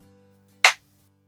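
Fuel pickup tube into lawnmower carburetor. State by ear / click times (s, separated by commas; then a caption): seated / 0.7 s. A fuel pickup tube is pressed into its hole in a small-engine lawnmower carburetor. One sharp, bright click sounds at 0.7 s over quiet background music with low steady tones. The tube is seated in place.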